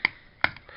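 A plastic part of a Transformers Galactic Odyssey Paradron Medics action figure, which had not been snapping together, is pressed home into the figure body during transformation. Two sharp plastic clicks sound at 0.1 s and 0.4 s, followed by two much fainter ticks. The part is seated and finally in place.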